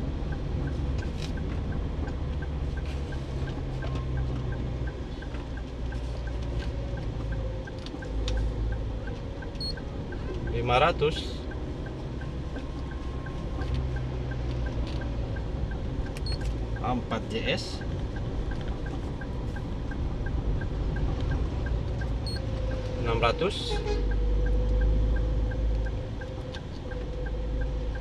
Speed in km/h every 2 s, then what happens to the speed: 31, 31, 30, 29, 29, 28, 28, 27, 28, 28, 28, 28, 29, 29.
0-28 steady at about 28.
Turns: none.